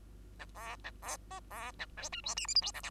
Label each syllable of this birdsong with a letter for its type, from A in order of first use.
A B A B C B A D E F G H I J K L